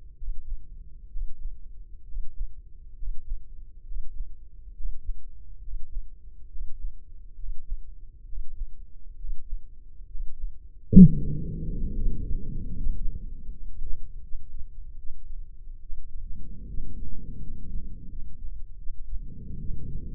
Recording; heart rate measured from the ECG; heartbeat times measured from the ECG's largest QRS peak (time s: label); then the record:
heart sounds by microphone in the left ear; 71 bpm
0.14 s: heartbeat
1.08 s: heartbeat
2.03 s: heartbeat
2.94 s: heartbeat
3.82 s: heartbeat
4.71 s: heartbeat
5.59 s: heartbeat
6.47 s: heartbeat
7.34 s: heartbeat
8.24 s: heartbeat
9.15 s: heartbeat
10.06 s: heartbeat
10.99 s: heartbeat
11.93 s: heartbeat
12.75 s: heartbeat
13.49 s: heartbeat
14.21 s: heartbeat
14.97 s: heartbeat
15.80 s: heartbeat
16.67 s: heartbeat
17.40 s: heartbeat
18.09 s: heartbeat
18.77 s: heartbeat
19.59 s: heartbeat
From the record:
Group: healthy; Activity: breath hold 0-13 s, rest 13-20 s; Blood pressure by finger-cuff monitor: 124/78 mmHg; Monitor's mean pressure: 91 mmHg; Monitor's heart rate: 68 bpm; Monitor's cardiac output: 6.6 L/min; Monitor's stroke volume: 99 mL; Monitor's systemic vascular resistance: 950 dyn s/cm5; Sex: male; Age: 24 years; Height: 184 cm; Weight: 89 kg